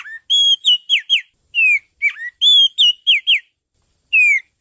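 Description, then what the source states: Oriental magpie-robin song: rich whistled phrases of level and downslurred notes, with a repeated pattern and short pauses. Champion bird's song.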